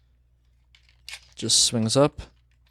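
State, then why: Not seated. The knee section of a plastic Transformers Shattered Glass Jetfire figure is being swung up so that a plastic peg on the toy robot's leg will go into a hole inside the leg. Someone talks briefly over a few faint handling taps. Nothing has seated or clicked yet.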